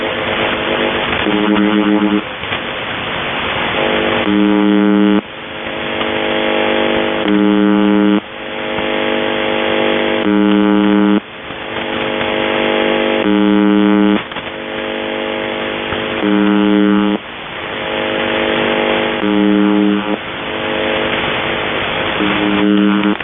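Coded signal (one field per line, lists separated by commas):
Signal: channel marker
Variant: UVB-76 (The Buzzer)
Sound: harsh low buzz, about one second long, repeating every two to three seconds, with hiss between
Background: radio static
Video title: UVB-76 morse code and full power mode turns on September 2th 2025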